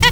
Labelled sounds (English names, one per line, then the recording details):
Zebra Finch stack call
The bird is a female
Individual fem9